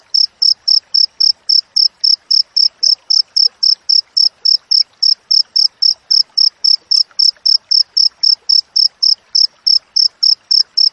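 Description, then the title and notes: Cricket singing an unbroken series of shrill, clipped chirps at a quick, regular pace, close to four each second. Wild cricket chirping with close spacing between chirps, offered as a master recording for training songbirds and for driving away rats. "Masteran Jangkrik Alam Jernih, Jeda Rapat Cocok Untuk Masteran Burung Dan Mengusir Tikus. suara jangkrik"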